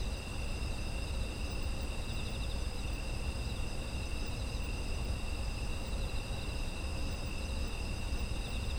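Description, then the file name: Insects calling together, a seamless blend of shrill continuous trills at different pitches, accompanied by steady low-frequency rumbling noise. Autumn insect ambient sound. "秋の虫の環境音"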